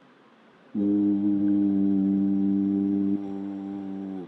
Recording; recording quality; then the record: sustained vowel as in boot; excellent, no background noise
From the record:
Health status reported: healthy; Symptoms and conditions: none ticked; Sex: male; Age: 38 years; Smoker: not ticked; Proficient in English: yes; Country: India